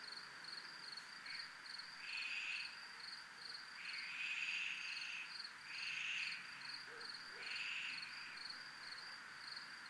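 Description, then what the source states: Crickets trill in a fast, steady high pulse, joined by louder rasping waves about every two seconds and brief low notes near the end. Crickets recorded at a zona militar (military zone).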